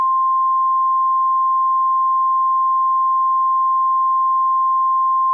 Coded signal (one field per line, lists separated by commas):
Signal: Emergency Alert System (SAME) tones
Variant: 1050 Hz attention tone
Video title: EAS scenario: Yellowstone eruption (parts 1&2)